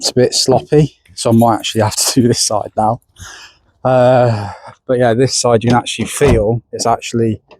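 Someone talks while handling the door of a BMW E46 Coupe after its door lock actuator has been replaced, working the door latch toward the striker. Only speech with short pauses is heard, and nothing has seated or clicked yet.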